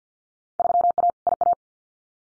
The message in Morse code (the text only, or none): 3A IA